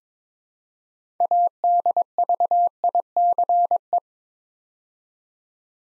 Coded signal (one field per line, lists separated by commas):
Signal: Morse code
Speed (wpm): 22 wpm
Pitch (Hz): 700 Hz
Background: none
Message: ADVICE